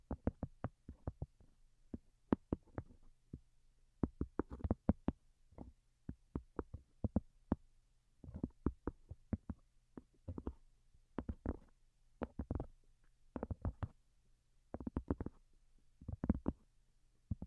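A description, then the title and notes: Delicate tapping arrives in short clusters of quick, light taps, often two to five in a row, separated by brief pauses throughout. Each tap is crisp with a soft thud beneath, and a faint low hum runs steadily underneath the whole time. Most Delicate and Calming Tapping.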